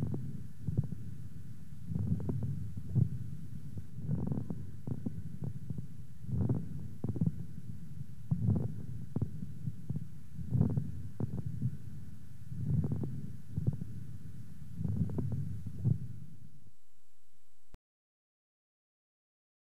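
Clusters of sharp, popping crackles recur about every two seconds over a low chest rumble, in a steady breathing rhythm. These are resonant moist crackles in an adult chest heard by stethoscope: crisp bubbling sounds that carry clearly to the chest wall, in contrast to muffled non-resonant crackles.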